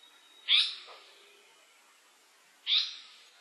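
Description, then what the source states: Japanese paradise flycatcher giving two harsh, buzzy notes about two seconds apart, with quiet background between them. Recorded 22 June 2003.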